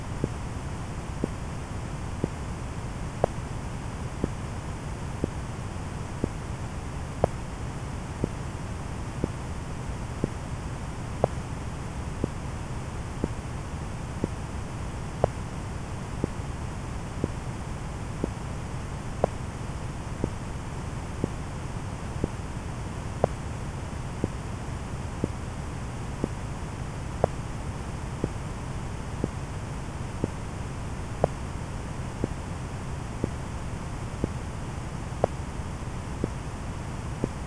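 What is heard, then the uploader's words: Steady, dense white noise fills the clip while a sharp metronome click cuts through at an even one beat per second throughout. White Noise & 60 BPM Metronome. White noise with the rhythmic pulse of a 60 BPM metronome.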